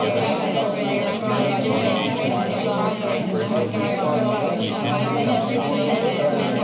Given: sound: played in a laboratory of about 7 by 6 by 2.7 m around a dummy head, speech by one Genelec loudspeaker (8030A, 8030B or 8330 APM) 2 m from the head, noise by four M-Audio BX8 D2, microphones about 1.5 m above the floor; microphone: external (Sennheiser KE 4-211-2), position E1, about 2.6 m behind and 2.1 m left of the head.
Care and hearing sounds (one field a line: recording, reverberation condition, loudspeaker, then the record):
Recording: babble noise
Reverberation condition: low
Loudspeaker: four, about 170 cm from the corners of the room and facing them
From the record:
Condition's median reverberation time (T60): about 310 ms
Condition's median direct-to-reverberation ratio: about 3.5 dB